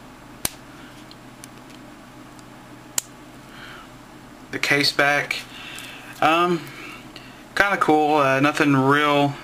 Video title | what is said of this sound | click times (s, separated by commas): Ocean 7 G-2 Review | but close it back, nice solid clicks. | 0.4 s, 3.0 s